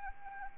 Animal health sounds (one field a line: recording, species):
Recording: mosquito wingbeat signal from an infrared sensor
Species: Anopheles arabiensis